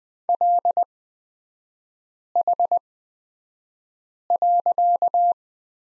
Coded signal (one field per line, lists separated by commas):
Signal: Morse code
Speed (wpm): 20 wpm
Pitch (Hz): 700 Hz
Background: none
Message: LH.